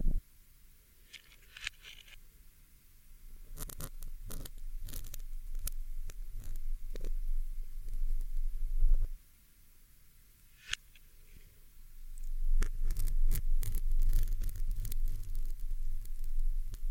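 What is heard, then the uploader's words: A pin being plucked and handled right at a microphone, heard as scattered sharp clicks and scrapes with a dull low rumble underneath. The rumble swells from about four to nine seconds, drops to near silence around ten, then returns heavier toward the end. ASMR MIC PULLING, PIN EXTRACTION, ASMR PIN REMOVAL, PLUCKING PIN FROM MICROPHONE, PINS ASMR, PINS.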